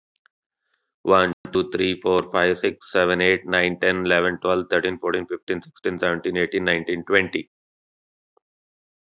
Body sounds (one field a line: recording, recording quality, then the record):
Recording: counting at a fast pace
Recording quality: excellent, no background noise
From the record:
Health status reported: healthy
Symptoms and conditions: none ticked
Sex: male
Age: 41 years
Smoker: not ticked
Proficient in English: yes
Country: India